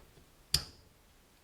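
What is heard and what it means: During a manual transmission synchro replacement on a 2014 Focus ST with upgraded synchros, the shallower synchronizer ring is slid onto the fourth gear side of the transmission gear cone and, as the gear is turned, drops into place. A single sharp metallic tick sounds at 0.5 s against a quiet background, then quickly decays. The ring is seated on the gear.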